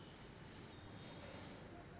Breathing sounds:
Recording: one breath in and out by a microphone near the nose and mouth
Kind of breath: normal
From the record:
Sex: male

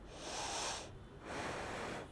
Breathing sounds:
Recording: one breath in and out by a microphone near the nose and mouth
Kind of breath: deep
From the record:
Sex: female

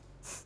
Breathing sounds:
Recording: one breath in and out by a microphone near the nose and mouth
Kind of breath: strong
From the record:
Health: marked as sick, illness not named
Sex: female

